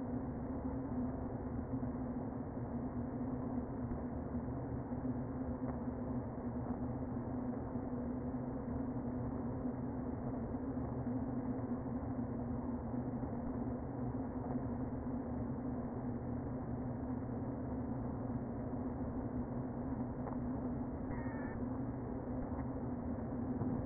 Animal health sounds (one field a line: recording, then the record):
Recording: honeybee colony, microphone inside the hive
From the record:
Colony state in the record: queen present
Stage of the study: before two queens were removed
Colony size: about 60,000 bees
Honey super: yes